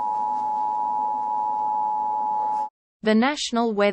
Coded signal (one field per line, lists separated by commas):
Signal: Emergency Alert System (SAME) tones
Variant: 853 and 960 Hz attention tone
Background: speech